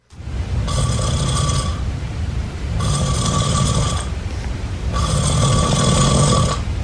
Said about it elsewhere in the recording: I sleep with my mouth open, so maybe that's why it sounds so loud. His snores are pretty rapid. I was hearing like a drill. I don't feel like you're giving enough time to exhale.